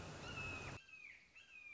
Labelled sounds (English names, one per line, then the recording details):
Red-shouldered Hawk
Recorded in Sonoma County, California